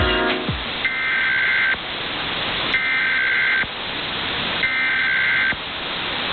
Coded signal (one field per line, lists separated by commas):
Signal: Emergency Alert System (SAME) tones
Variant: header bursts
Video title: National EAS Test 2023, WNYC, 820 AM